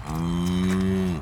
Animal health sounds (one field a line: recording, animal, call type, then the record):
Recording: contact call of a hoofed animal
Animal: cattle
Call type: low-frequency (closed-mouth) or high-frequency (open-mouth) call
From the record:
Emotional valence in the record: negative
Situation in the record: full separation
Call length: 1.22 s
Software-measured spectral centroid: 2600 Hz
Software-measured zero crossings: 880 a second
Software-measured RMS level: -24 dBFS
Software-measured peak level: -13 dBFS